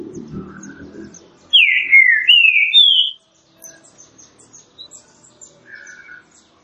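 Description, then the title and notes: Green-winged saltator sings one clear phrase of three whistled notes, the first falling, the last higher and level, after some low background noise; faint chirps follow. Classic song style (canto clássico) of the green-winged saltator, offered as training material. "Canto Clássico Trinca Ferro TREINAMENTO. trinca fero"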